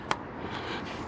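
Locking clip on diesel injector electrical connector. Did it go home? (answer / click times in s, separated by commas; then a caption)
released / 0.1 s. The plastic locking clip on a diesel injector electrical connector on a BMW N47 engine is pried up with a small screwdriver. It is pulled up until it gives a sharp click at 0.1 s, then low background noise continues. The clip is now in its released position.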